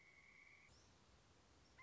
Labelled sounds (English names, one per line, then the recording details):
Pileated Woodpecker
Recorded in Sonoma County, California